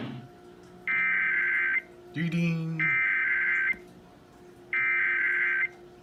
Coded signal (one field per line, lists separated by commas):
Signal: Emergency Alert System (SAME) tones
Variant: header bursts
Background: speech